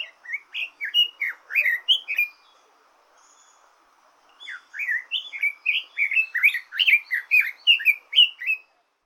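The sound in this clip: Bird song of lively twittering phrases, bright chirps and quick up-and-down whistles, pausing briefly midway, then resuming in an energetic burst.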